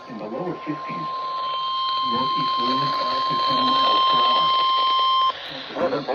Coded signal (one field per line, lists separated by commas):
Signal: Emergency Alert System (SAME) tones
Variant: 1050 Hz attention tone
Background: speech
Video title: WWG53 SVR EAS-510